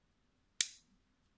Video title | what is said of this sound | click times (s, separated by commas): Le Multi Cool :) | là vous entendez le petit clic de verrouillage | 0.6 s